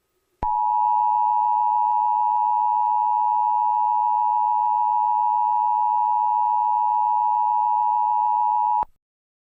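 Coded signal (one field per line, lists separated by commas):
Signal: Emergency Alert System (SAME) tones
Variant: 853 and 960 Hz attention tone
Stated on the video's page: Fictional EAS scenario, simulated alert tones.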